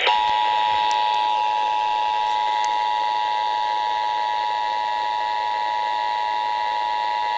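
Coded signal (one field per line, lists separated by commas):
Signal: Emergency Alert System (SAME) tones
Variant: 853 and 960 Hz attention tone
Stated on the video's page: Real Child Abduction Emergency alert whose message failed to play.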